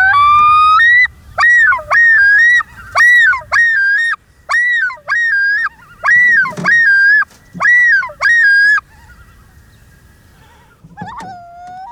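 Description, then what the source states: Common Loon yodel, loud and fast: many repeated looping, rising-and-falling phrases in quick succession, then a pause and one more cry near the end. Louder, faster-paced yodel conveying a lot of urgency.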